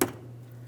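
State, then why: Seated. A color-coded fuel line quick connector (blue lock for the upper line, red lock for the lower) is lined up and pressed onto the fuel tank line of a 2007-2014 GMC Sierra 2500 HD 6.0L V8 during a fuel tank lock ring replacement. A single sharp click at 0.0 s is followed by a steady low hum. The connector seats with its lock in position and does not slide out, which matters because the line will be under fuel pressure.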